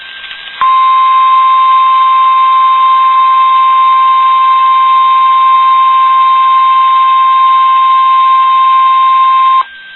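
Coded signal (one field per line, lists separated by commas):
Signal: Emergency Alert System (SAME) tones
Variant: 1050 Hz attention tone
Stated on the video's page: NOAA Weather Radio required weekly test tones.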